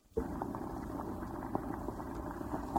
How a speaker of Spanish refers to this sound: Cogió el saco y se lo llevó a la cocina. Allí calentó el aceite hasta que empezó a hervir.